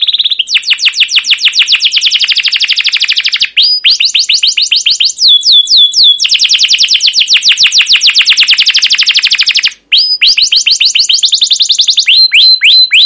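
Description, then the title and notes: Canary song, a long run of fast, dense trills and rolling chirps with brief sweeping notes between phrases, nearly continuous throughout. Caged canary song used as a lure or tutor recording to train young canaries to sing; described as long, continuous chirping and rolling (cuit cuit ngerol, gacor panjang). "CUIT CUIT NGEROL LANGSUNG GACOR PANJANG Kenari Ini AMPUH Utk Pancingan KENAR. PANCINGAN Kenari GACOR PANJANG Cuit CUIT EMOSI ini AMPUH utk MASTERAN Kenari PAUD belajar BUNYI. burung kenari"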